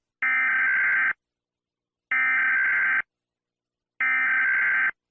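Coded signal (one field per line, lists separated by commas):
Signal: Emergency Alert System (SAME) tones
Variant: header bursts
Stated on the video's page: Fictional EAS warning.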